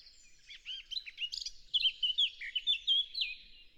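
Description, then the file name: Eurasian blackcap song: soft chattering notes leading into a loud, clear series of fluty whistles over about two seconds. "Sylvia atricapilla"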